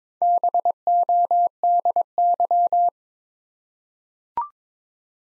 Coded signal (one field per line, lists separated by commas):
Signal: Morse code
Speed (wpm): 22 wpm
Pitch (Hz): 700 Hz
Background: none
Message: BODY